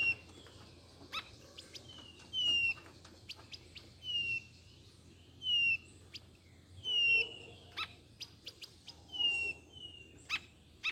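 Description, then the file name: Blue-naped chlorophonia singing a series of high, clear, slightly falling whistles every second or two, with brief clicks in the background. "canto do gaturamo bandeira"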